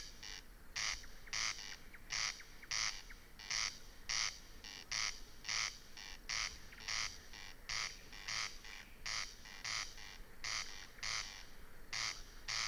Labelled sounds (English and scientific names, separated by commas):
Corn Crake (Crex crex)